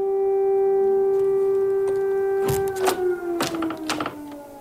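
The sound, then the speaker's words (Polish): An air raid siren wails outside the window in Kyiv during the war, holding a steady, droning wail that sags slightly in pitch toward the end, while a few heavy thumps and knocks break in over the second half. “No bo o czym można rozmawiać, gdy za oknem wyją syreny alarmów przeciwlotniczych.”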